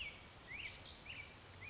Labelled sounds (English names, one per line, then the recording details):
Black-headed Grosbeak
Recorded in Sonoma County, California